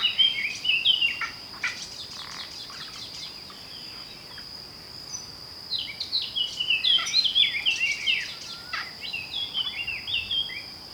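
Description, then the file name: Eurasian blackcap giving a short warble early on, then a longer, lively stretch of chattering, fluty phrases, against a constant high-pitched insect drone. "Sylvia atricapilla"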